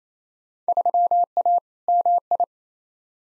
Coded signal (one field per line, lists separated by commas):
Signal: Morse code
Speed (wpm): 27 wpm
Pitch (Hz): 700 Hz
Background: none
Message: 3A MI